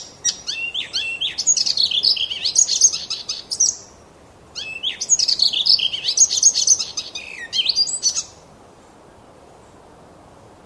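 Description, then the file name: Icterine warbler singing two long, hurried phrases of jumbled high twitters, harsh notes and sweeping slurs, separated by a short silence. "Hippolais icterina song"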